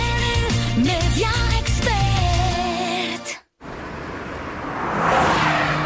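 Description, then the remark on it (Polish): The engine of a Honda HR-V car with a 1.5 Turbo engine revs in rising, whining bursts for a few seconds, cuts out abruptly, then gives way to a loud, steady rush of the vehicle driving at speed. “Nadjeżdżają święta wielkiej mocy, napędzane nową mocą, nowa Honda HR-V. Teraz z nowym silnikiem 1.5 Turbo.”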